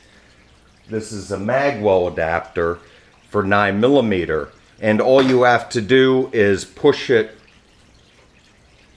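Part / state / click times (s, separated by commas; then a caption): 9mm magazine well adapter into rifle lower receiver / not seated / none. A 9mm magazine well adapter is handled next to an AR-15 lower receiver, about to be pushed up into it, while someone talks. Faint background noise fills the gaps between speech. The clip ends before the adapter goes in, so nothing has seated or clicked yet.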